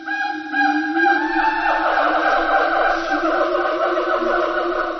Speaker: They tell any neighbouring Siamangs, "This is our territory, keep out."